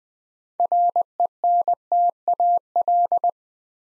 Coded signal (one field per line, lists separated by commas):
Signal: Morse code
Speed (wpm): 20 wpm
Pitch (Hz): 700 Hz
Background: none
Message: RENTAL